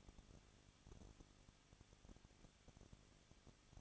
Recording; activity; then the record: daily activity, microphone in the room; no activity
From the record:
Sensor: 4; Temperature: 23.1 degrees Celsius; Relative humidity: 34.1%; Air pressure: 1007.2 hPa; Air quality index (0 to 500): 216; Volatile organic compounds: 15 ppm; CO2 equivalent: 2498 ppm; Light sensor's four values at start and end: 2/3/1/1 and 2/3/1/1